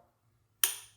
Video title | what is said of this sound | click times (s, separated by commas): I TRIED FIXING MY BROKEN NISSAN GT-R | there's our click. | 0.6 s